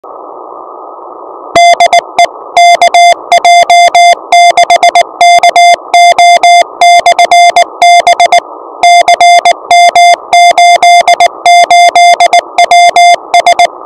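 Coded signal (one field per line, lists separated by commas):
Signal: Morse code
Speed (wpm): 19 wpm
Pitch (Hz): 690 Hz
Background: music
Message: DE KJ6KO/B CM88WS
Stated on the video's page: CW beacon on a mountain, received with a single halo antenna at -90 dBm versus stacked halo antennas at -87 dBm, about 3 dB more.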